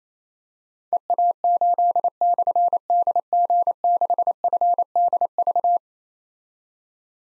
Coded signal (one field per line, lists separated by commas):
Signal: Morse code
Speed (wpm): 28 wpm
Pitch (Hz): 700 Hz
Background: none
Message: EA8/DG6FDV